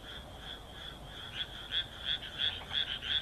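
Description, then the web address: Frog croaking, a series of short rasping pulses repeated about three times a second, growing louder toward the end; little other sound. "kaeru kaeru"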